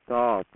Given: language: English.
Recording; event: throat vibration sensor signal played as sound; speech